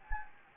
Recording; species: mosquito wingbeat signal from an infrared sensor; Anopheles gambiae